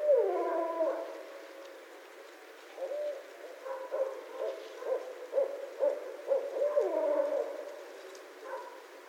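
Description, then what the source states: Barred owl calling, an opening hoot, then a run of short rhythmic hoots building to a descending slurred call, then a fainter note. Recorded on 19 February 2012.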